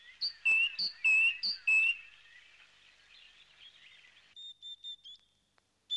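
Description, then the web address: Bird chirps, a few loud ringing notes in quick succession, then soft twittering and a few high thin whistles near the end. "animali uccelli uccelli birds"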